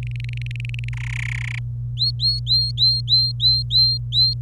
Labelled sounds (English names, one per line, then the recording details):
Domestic Canary song
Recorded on 26 April 2018 at 11:31
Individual llb3